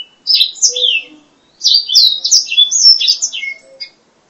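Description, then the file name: Black-throated laughingthrush song in two bursts of bright whistles and slurred warbles separated by a short pause. "suara kicauan burung blacksang. omkicau"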